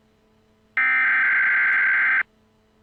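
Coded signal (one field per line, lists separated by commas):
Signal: Emergency Alert System (SAME) tones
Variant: header bursts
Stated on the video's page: Fictional EAS scenario about a zombie virus outbreak from a lab in British Columbia.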